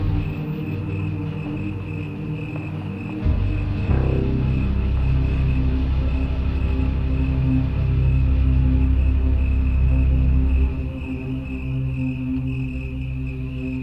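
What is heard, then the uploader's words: A steady, high cricket chirr runs unbroken through the whole clip over layered, sustained low tones like an organ or synthesizer drone. Around three seconds a deep rumble swells in, like a passing vehicle, holds loud until about eleven seconds, then eases back. It features the sounds of traffic, riding public transportation, crickets, as well as computer-based guitars, synthesizers, and pipe organs.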